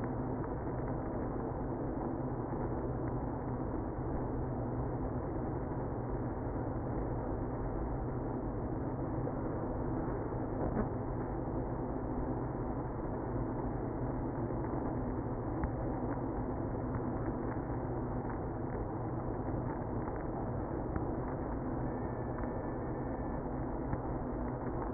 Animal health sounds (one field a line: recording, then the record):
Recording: honeybee colony, microphone inside the hive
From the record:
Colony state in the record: queenless (queen removed)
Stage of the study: after two queens were removed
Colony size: about 60,000 bees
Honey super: yes